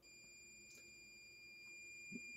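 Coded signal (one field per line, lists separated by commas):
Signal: computer data on cassette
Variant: MSX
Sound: a continuous high steady tone, like a lead-in whistle, with a faint click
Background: low hum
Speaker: it's already highlighted the one we're going to do which is off hostages it says then you press the play button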